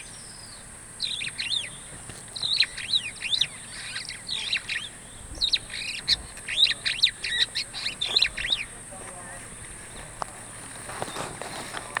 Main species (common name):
Superb Starling